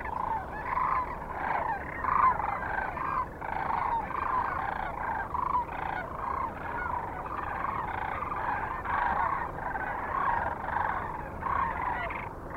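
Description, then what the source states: Sandhill cranes calling en masse, a thick, unbroken wall of rattling, trumpeting bugles from many birds. Recorded at Kearney, Nebraska, on 9 March 2004, with other species present.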